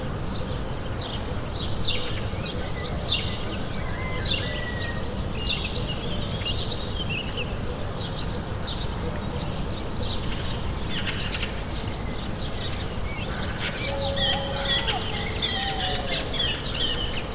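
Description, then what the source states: Birds chirping in a dense, overlapping chorus of quick high notes, with a few lower whistled phrases near the end over a constant low rumble. Morning bird ambience.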